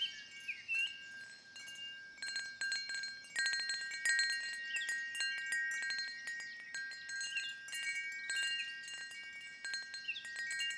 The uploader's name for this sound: Sound of Nature with Wind Chimes + Birds Forest